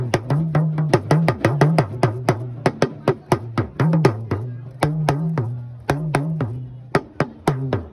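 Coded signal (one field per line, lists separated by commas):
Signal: talking drum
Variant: Yoruba dùndún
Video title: Yoruba Talking drum #yorubaculture #talkingdrum #talkingdrummer #africa #yoruba #madeforyou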